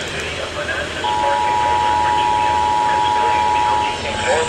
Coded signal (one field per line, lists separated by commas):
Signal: Emergency Alert System (SAME) tones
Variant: 853 and 960 Hz attention tone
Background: speech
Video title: PURE MAYHEM 3.... | EAS Alerts from 6/26/24 | EAS#694-755